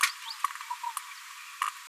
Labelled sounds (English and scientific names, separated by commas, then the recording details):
Green-rumped Parrotlet (Forpus passerinus) babbling
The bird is a female
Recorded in a nest box in Venezuela
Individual 17B73B2